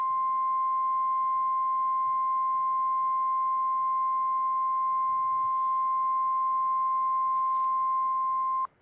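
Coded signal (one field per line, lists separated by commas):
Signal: Emergency Alert System (SAME) tones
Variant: 1050 Hz attention tone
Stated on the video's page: Fictional EAS scenario, not a real alert.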